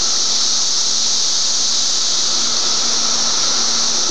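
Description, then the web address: Cicadas: a continuous, loud shrill buzzing with no pauses, over a faint low hum. May 23, 2004. "fleur cicadas - cicadas 2 may 232004"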